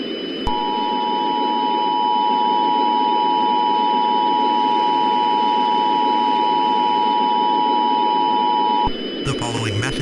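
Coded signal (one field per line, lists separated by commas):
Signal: Emergency Alert System (SAME) tones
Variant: 853 and 960 Hz attention tone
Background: speech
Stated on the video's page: Fictional Emergency Alert System scenario about extreme cold as Earth drifts away from the sun.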